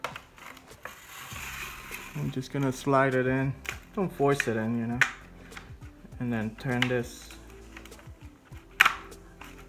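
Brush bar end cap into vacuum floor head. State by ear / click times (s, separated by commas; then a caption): seated / 8.8 s. A brush bar is slid into the plastic floor head of a Dyson cordless vacuum while someone talks, with a few light handling taps. Its end cap is then turned once and locks in place with a sharp click at 8.8 s.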